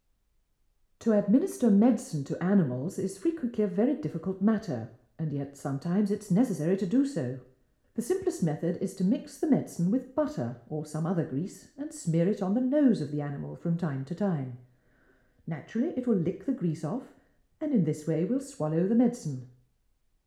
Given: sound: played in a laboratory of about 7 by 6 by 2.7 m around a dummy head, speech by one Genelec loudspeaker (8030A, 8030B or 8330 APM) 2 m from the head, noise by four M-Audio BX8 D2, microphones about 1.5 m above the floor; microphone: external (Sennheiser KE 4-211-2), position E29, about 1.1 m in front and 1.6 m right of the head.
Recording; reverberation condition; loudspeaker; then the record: female speech in English; medium; 60 degrees to the right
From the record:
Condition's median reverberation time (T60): about 510 ms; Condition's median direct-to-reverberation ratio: about -0.5 dB